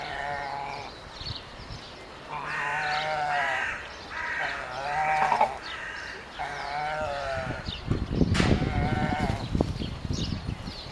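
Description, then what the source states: Pelican calls, nasal bleating notes in uneven bursts over a low hum, giving way to clattering, noisy sounds in the final seconds. Recorded on 14 April 2013.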